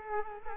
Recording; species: mosquito wingbeat signal from an infrared sensor; Culex quinquefasciatus